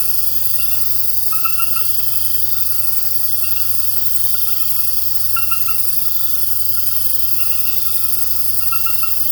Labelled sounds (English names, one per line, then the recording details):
none
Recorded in pastures near Puerto Asís, Putumayo, Colombia, on 12 March 2025 at 20:30
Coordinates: 0.466, -76.322
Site CSA-02